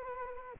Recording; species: mosquito wingbeat signal from an infrared sensor; Anopheles arabiensis